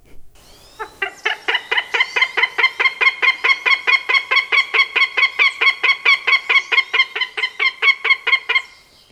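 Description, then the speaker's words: Northern Goshawk call: a long, steady run of harsh, nasal kek notes, repeated rapidly and evenly for about eight seconds. Described as sounding very perforated and unexpected for a fierce apex predator. "Let's take a listen to the northern goshawk."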